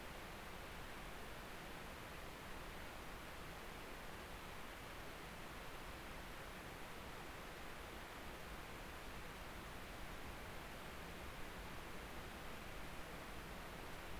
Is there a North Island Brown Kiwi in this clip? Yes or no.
no